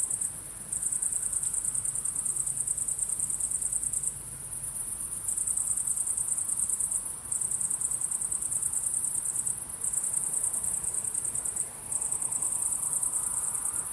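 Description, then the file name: Shrill cricket chirping, a rapid high trill broken into stretches of a few seconds each by short pauses. Recorded at sunset. "syrsor solnedgang"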